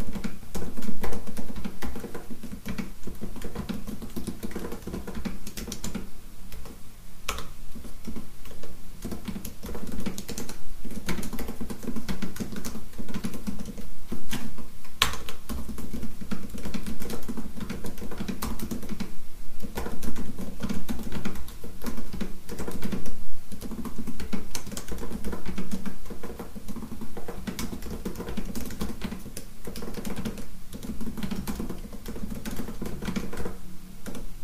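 Fast, continuous typing on a keyboard, dense clattering keystrokes over a steady low hum, with brief sharper clicks throughout.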